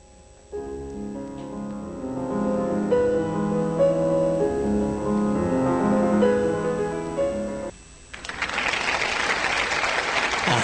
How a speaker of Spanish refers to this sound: Gracias a la tribuna. Claro. Que nos manda un efecto de audio de aplauso. Ahí va.